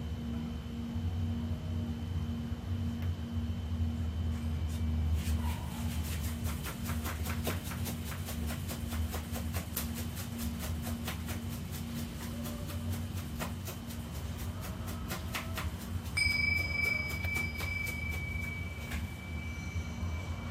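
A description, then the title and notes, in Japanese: A singing bowl rings in steady, sustained tones over a low hum, with scattered soft clicks midway and a bright new ring near sixteen seconds. メキシコから シンギングボウルのサウンドヒーリング ライブ。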